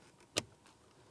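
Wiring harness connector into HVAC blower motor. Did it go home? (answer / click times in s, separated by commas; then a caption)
yes / 0.4 s. A plastic wiring harness connector is slid onto the HVAC blower motor of a 2004-2015 Nissan Titan until it latches. A single sharp, broadband click sounds at 0.4 s against an otherwise quiet background. The connector is seated.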